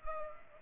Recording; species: mosquito wingbeat signal from an infrared sensor; Culex pipiens